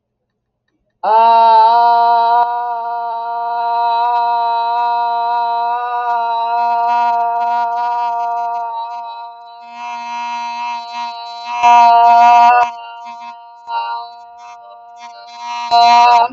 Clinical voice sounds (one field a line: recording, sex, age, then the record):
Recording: vowel held as long as possible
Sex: female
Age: 50 to 59 years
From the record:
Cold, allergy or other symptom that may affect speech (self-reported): no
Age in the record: 52 years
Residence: Wisconsin, United States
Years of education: 16